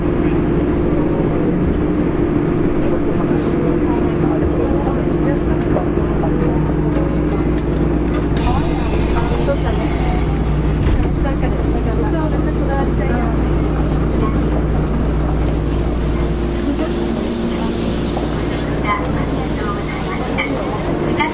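A Fukuoka city subway 3000 series train running, with a constant low hum and steady rumble throughout at an even level. Voices murmur over it in the middle stretch, and a brighter hiss rises toward the end.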